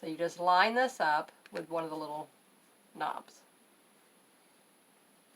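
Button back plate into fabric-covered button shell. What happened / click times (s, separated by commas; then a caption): Button parts lined up, no seating click yet / none. A button back plate is lined up with one of the little knobs on a fabric-covered button shell, ready to be pressed together. Someone talks for about the first 2.3 seconds, with another brief bit of speech near 3.0 seconds, then near-silence. Nothing has clicked or seated yet.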